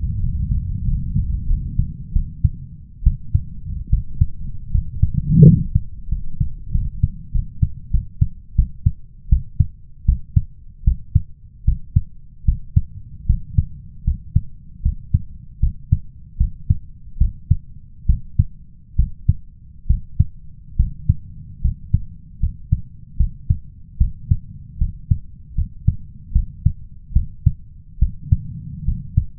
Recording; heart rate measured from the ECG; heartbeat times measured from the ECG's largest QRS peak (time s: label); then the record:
heart sounds by stethoscope; 77 bpm
0.19 s: heartbeat
0.84 s: heartbeat
1.47 s: heartbeat
2.13 s: heartbeat
3.03 s: heartbeat
3.90 s: heartbeat
4.71 s: heartbeat
5.44 s: heartbeat
6.09 s: heartbeat
6.71 s: heartbeat
7.32 s: heartbeat
7.91 s: heartbeat
8.55 s: heartbeat
9.29 s: heartbeat
10.05 s: heartbeat
10.84 s: heartbeat
11.64 s: heartbeat
12.45 s: heartbeat
13.26 s: heartbeat
14.04 s: heartbeat
14.82 s: heartbeat
15.60 s: heartbeat
16.37 s: heartbeat
17.18 s: heartbeat
18.06 s: heartbeat
18.96 s: heartbeat
19.87 s: heartbeat
20.76 s: heartbeat
21.61 s: heartbeat
22.39 s: heartbeat
23.17 s: heartbeat
23.97 s: heartbeat
24.78 s: heartbeat
25.55 s: heartbeat
26.32 s: heartbeat
27.13 s: heartbeat
27.99 s: heartbeat
28.84 s: heartbeat
From the record:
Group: healthy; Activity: rest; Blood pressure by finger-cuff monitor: 109/73 mmHg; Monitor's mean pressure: 82 mmHg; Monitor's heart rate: 77 bpm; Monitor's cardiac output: 5.8 L/min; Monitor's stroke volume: 75 mL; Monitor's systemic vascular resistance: 1030 dyn s/cm5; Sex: male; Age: 21 years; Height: 170 cm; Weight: 71 kg